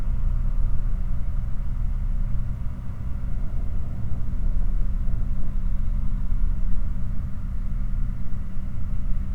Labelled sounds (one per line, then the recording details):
machinery
flare stack
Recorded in the Prudhoe Bay oil fields, Alaska, on 15 August 2019 at 20:37
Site 29